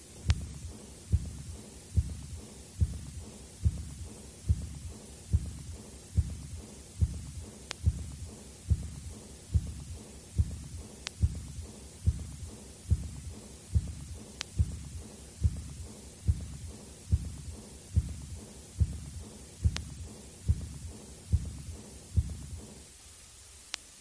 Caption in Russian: Запись, сделанную у того же пациента на верхушке сердца. Шум аортальной недостаточности дующий, мягкий, возникает сразу после второго тона и ослабевает к концу диастолы. Тон открытия митрального клапана отсутствует.